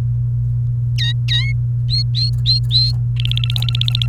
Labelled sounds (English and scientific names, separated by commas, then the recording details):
Domestic Canary (Serinus canaria) song
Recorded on 29 April 2018 at 12:16
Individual llb3